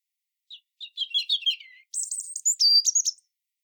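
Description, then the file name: European robin song: a thin, high phrase of quick tinkling notes descending, then a brighter, higher run of sharp twittering notes, on a silent background. "Erithacus rubecula"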